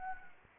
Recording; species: mosquito wingbeat signal from an infrared sensor; Anopheles gambiae